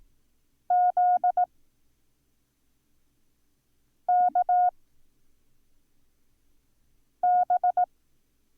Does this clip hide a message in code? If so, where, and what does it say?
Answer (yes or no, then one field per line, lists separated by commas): yes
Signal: Morse code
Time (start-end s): 0.7-7.8 s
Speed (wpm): 18 wpm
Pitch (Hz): 720 Hz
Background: none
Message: ZKB